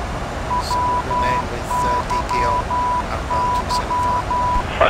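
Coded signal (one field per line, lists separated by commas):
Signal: Morse code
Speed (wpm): 12 wpm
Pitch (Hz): 990 Hz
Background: speech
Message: WYY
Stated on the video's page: Morse heard during VOR navigation in a PMDG 737 NGX flight simulator.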